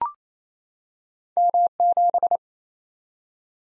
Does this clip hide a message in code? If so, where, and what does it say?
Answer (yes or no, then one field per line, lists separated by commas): yes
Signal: Morse code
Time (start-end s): 1.4-2.4 s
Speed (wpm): 28 wpm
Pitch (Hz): 700 Hz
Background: none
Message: M7